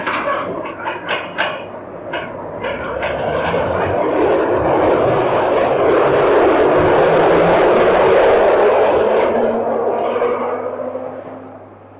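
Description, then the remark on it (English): A train to Piccadilly pulls away from a station: a few sharp metallic clanks at first, then a broad rumbling roar that swells steadily, holds loud for several seconds and fades toward the end. No voices. “When's the next train to Piccadilly? There's one leaving right now.”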